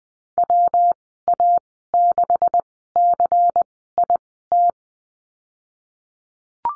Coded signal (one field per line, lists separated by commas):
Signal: Morse code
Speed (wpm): 20 wpm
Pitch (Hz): 700 Hz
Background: none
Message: WA6CIT